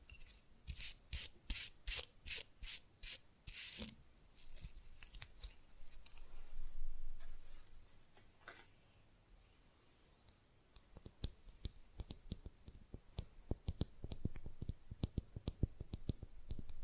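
Quick, rough nail filing opens the clip, a run of bright, raspy strokes about three per second that ends near 4 seconds. Sparse scrapes and a soft rustle follow, then from about 10 seconds a steady patter of sharp little taps runs to the end.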